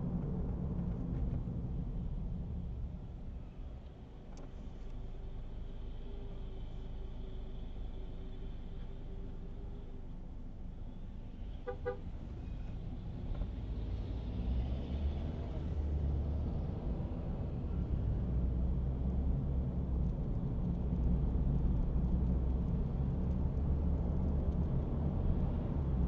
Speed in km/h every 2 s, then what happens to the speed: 53, 47, 43, 15, 3, 0, 0, 0, 0, 4, 18, 28, 31.
0-9 brakes to 0. 9-17 standing. 17-26 pulls away to 31.